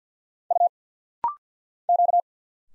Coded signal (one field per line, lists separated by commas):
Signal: Morse code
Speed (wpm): 51 wpm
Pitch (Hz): 700 Hz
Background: none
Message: U Q